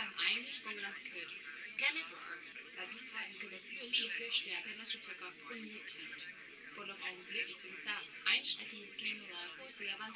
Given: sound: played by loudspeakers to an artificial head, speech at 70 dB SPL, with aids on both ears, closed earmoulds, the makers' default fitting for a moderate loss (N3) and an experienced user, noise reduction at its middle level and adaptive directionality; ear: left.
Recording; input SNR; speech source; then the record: speech test signal (ISTS) in cocktail-party noise; +3 dB; on the right (90 degrees)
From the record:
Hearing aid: class 2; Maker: H